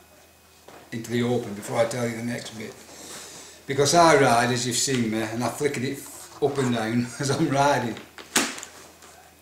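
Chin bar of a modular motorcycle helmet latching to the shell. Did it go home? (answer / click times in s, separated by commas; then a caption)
yes / 8.4 s. Someone talks, then the plastic and composite chin bar of a Shark Evo One 2 modular motorcycle helmet, reviewed after 4,000 miles of use, is flipped down onto the shell. It latches with a sharp click at 8.4 s and is locked in position.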